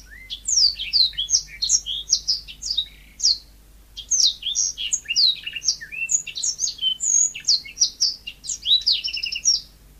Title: Kicau Kacer